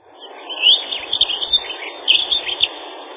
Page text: Лесная завирушка — Prunella modularis